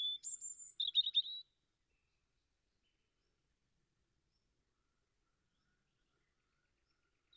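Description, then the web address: European robin: short high warbled phrase of thin notes and a brief trill, followed by several seconds of near silence. "Deverinetal 2025"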